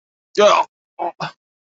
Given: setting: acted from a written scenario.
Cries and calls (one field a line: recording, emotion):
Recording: vocal sound without words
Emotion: disgust